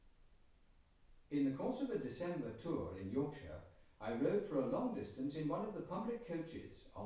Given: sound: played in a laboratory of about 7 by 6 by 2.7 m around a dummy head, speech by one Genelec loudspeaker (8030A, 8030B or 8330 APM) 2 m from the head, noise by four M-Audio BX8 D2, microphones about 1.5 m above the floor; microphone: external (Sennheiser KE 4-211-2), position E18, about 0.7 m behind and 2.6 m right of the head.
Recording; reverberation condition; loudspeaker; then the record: male speech in English; medium; 30 degrees to the right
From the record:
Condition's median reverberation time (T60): about 510 ms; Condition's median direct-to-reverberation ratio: about -0.5 dB